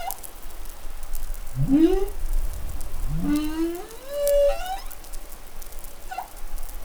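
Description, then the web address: Humpback whale song: two rising upsweeps with harmonics, then a longer rising moan that levels into a steady tone, over a hiss of sea noise. Recorded in New Caledonia in the Pacific on 20 July 2013. "SOUNDLIB MEDsea Arctiqueet Pacific Baleinea Bosse Nouvelle Caledonie 20130720"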